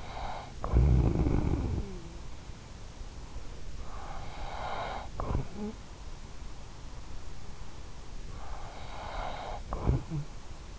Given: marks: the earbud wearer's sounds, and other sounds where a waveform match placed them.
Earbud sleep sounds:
sounds in sleep by an in-ear microphone; snoring breath
0.00-2.34 s: snoring breath
3.59-6.17 s: snoring breath
8.39-10.79 s: snoring breath

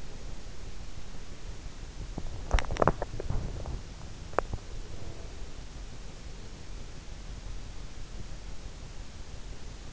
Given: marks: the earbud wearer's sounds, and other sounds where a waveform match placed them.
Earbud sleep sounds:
sounds in sleep by an in-ear microphone; breath, teeth grinding
0.00-2.00 s: breath
2.24-4.66 s: teeth grinding
4.53-5.45 s: breath

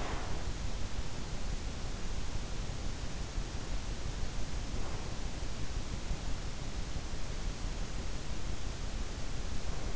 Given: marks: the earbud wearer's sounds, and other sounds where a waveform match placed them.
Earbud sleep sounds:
sounds in sleep by an in-ear microphone; breath
0.00-0.51 s: breath

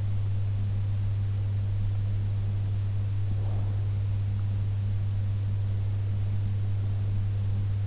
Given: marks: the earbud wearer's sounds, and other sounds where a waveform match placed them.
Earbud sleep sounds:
sounds in sleep by an in-ear microphone; breath
3.09-4.03 s: breath

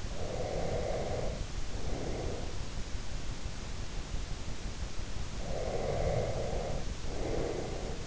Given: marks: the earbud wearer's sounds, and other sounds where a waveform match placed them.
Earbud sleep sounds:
sounds in sleep by an in-ear microphone; breath
0.07-2.55 s: breath
5.33-8.06 s: breath

